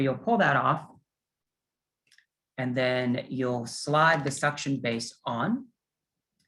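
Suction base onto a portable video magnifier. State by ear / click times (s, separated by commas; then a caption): not seated / none. A suction base is being handled for sliding onto a portable video magnifier, but nothing has seated or clicked into place yet. Someone talks, with a pause of faint small clicks around 2.1 seconds.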